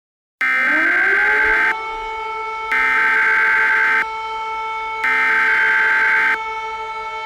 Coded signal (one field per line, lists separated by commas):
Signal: Emergency Alert System (SAME) tones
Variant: header bursts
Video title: EAS Scenario #2: Calamity Ganon